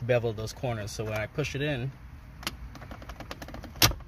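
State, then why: Seated. Someone talks while pushing an aftermarket radio with beveled corners into the dashboard mounting cage of a 1997 W202. A sharp click at 2.5 s marks the radio snapping into place and locking so it can't be pulled back out, followed by a run of faint ticks and a louder sharp burst near 3.8 s.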